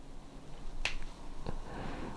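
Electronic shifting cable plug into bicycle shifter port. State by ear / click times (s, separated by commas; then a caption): seated / 0.8 s. An electronic shifting cable plug is pushed into its port on a Shimano 105 Di2 wireless shifter unit and snaps home with a sharp, bright click at 0.8 s. Two much fainter ticks follow at about 1.0 s and 1.5 s over a low background hiss, and the plug is seated.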